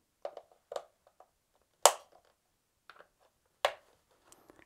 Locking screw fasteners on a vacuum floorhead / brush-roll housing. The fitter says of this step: with your screws, you just lock them in. And you'll hear them click when you've got them in.